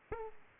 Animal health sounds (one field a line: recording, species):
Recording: mosquito wingbeat signal from an infrared sensor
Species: Aedes aegypti